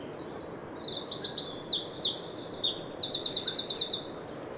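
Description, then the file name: Eurasian wren song, an energetic high-pitched stream of varied chips ending in a fast trill of repeated notes. "Troglodytes troglodytes"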